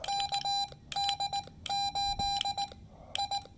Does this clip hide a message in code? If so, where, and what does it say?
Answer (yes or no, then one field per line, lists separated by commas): yes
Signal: Morse code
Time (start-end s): 0.1-3.4 s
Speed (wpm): 18 wpm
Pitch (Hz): 810 Hz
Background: none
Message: KD8 I